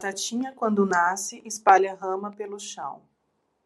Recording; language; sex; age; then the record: short text; Brazilian Portuguese; female; 40 to 49 years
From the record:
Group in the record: control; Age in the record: 43 years